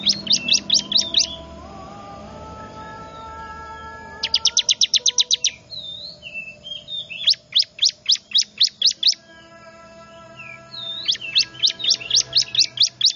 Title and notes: Suara Pikat Burcil Ribut Ngabisin Burung Liar Ini. ciblek